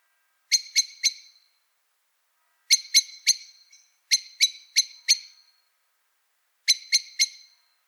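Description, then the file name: Common blackbird uttering short bursts of hard metallic clicks in four groups of three or four, separated by silent gaps. "Turdus merula"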